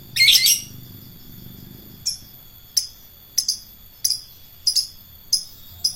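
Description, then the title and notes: Lovebird chattering song: a dense burst of high shrill chirps at the start, then a string of short sharp chirps over a steady faint hum. Adult fighter lovebird. "#4. LOVEBIRD FIGTER. Lovebird Dewasa"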